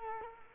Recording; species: mosquito wingbeat signal from an infrared sensor; Culex quinquefasciatus